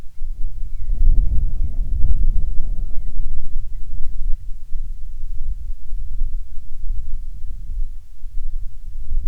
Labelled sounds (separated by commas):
wind